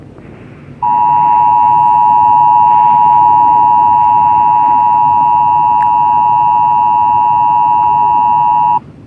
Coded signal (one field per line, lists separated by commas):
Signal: Emergency Alert System (SAME) tones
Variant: 853 and 960 Hz attention tone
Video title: The Unknown - TV TV's EAS Mocks #1